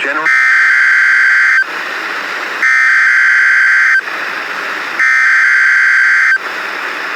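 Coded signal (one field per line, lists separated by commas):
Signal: Emergency Alert System (SAME) tones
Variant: header bursts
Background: speech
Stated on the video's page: Valid EAS tones for a Special Marine Warning.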